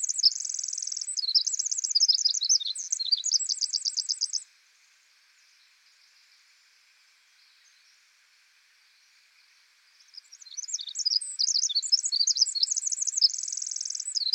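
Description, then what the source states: Pacific wren song: two long bursts of very high, rapid tinkling notes and trills, separated by a silent pause of about five seconds. Loud, persistent singer in forest.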